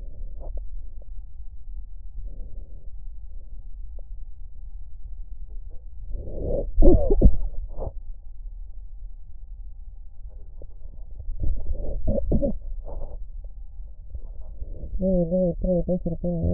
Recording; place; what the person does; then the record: lung sounds by stethoscope; left posterior apical chest; quiet breathing, then cough and speech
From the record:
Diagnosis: interstitial lung disease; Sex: female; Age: 70 years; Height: 160 cm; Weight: 93 kg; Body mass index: 36.3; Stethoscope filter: extended mode